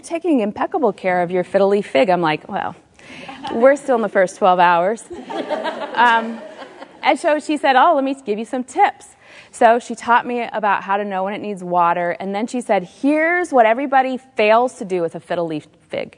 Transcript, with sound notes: You’re taking impeccable care of your fiddle-leaf fig!” I’m like, “Well, we’re still in the first twelve hours!” (laughter) And so she said, “Oh, let me give you some tips.” So she taught me about how to know when it needs water, and then she said, “Here’s what everybody fails to do with a fiddle-leaf fig.”